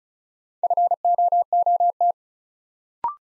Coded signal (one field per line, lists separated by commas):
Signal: Morse code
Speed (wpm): 36 wpm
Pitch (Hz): 700 Hz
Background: none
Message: FOOT